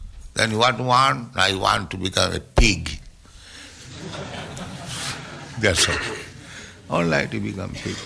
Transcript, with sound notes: "Then what you want?" "I want to become a pig. [laughter] That's all." "All right, you become pig.